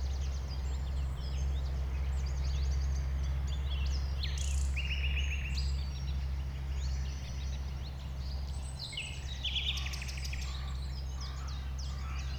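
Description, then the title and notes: Common nightingale song: varied phrases with rattling repeated-note trills and short whistles, other birds calling, and a continuous low rumble underneath. Nightingale settled with a few others on the banks of a stream forming a pond, 1500 m from the A20; recorded around 8 am, Sunday 12 April. "Un Rossignol Envers Et Contre Tout. un rossignol venu avec quelques autres s'installer sur les rives d'un ruisseau formant un étang à 1500 mètres de l'A 20. Ces moments ont été enregistrés vers 8h le dimanche 12 avril"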